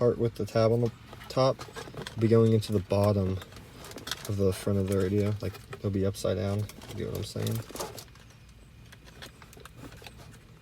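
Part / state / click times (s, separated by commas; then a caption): wiring connector into the front of a car radio / not seated / none. Someone talks while holding a plastic wiring harness connector, turned upside down so its tab faces down, to the bottom front of a RetroSound New York M1A car radio for a C5 Corvette. After the talking, a few faint handling ticks are heard around 8.0, 8.9, 9.5, 9.7 and 10.1 seconds. The connector has not seated or clicked in yet.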